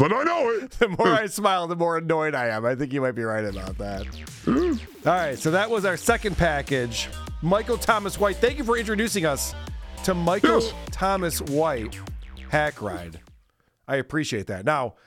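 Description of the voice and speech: An adult man talks in a relaxed, conversational way, with fluent phrasing, clear articulation and lively pitch. Normal speech. A low steady hum runs under the voice most of the time.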